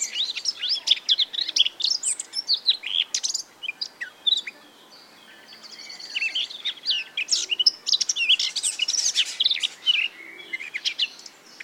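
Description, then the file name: Eurasian blackcap: dense, bubbling warble of quick high notes in two bursts separated by a short lull, over a steady hiss of background noise. "Sylvia atricapilla"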